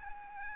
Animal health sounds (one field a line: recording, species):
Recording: mosquito wingbeat signal from an infrared sensor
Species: Aedes albopictus